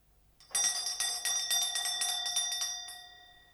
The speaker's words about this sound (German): Als die Klingel ihr blechernes Klappern hören ließ, bildetest du dir ein, es rege sich jemand im Zimmer. Du lauschtest sogar einige Sekunden allen Ernstes danach hin. Der Unbekannte schellte noch einmal, wartete wieder ein Weilchen